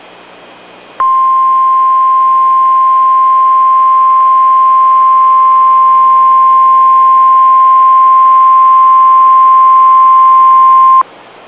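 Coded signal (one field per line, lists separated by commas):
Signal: Emergency Alert System (SAME) tones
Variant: 1050 Hz attention tone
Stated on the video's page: Real NOAA Weather Radio EAS alert for a severe thunderstorm warning.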